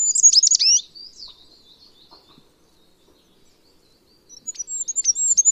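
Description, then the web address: Bird uttering a short flurry of high chirps, then near silence, then another quick run of bright twittering notes. "Bird Only"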